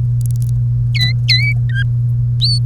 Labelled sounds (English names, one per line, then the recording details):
Domestic Canary song
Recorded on 1 May 2018 at 16:14
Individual llb3